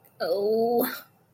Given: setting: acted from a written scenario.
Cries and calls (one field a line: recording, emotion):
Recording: vocal sound without words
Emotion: guilt